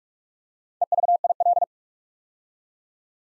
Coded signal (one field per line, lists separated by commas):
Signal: Morse code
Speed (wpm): 44 wpm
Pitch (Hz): 700 Hz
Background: none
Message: EVIL